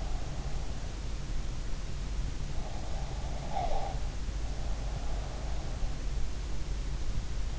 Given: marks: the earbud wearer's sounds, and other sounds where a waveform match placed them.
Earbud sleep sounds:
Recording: sounds in sleep by an in-ear microphone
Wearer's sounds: breath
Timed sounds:
2.55-4.04 s: breath

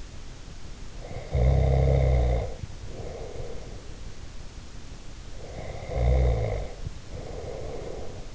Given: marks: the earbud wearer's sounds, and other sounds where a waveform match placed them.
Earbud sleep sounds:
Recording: sounds in sleep by an in-ear microphone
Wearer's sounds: snoring breath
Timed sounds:
0.96-3.89 s: snoring breath
5.38-8.35 s: snoring breath

